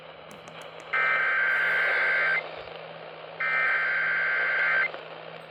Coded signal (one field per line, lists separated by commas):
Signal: Emergency Alert System (SAME) tones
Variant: header bursts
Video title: Eas svr on kwkh 1130am Eas#648